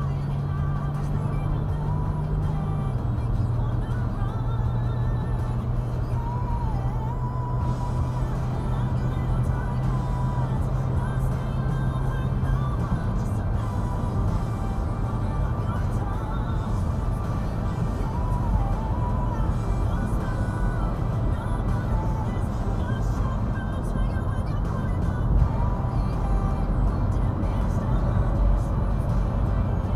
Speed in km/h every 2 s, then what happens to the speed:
84, 87, 92, 95, 98, 100, 101, 103, 103, 105, 106, 106, 106, 105, 105.
0-11 speeds up to 101. 11-30 steady at about 105.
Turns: none.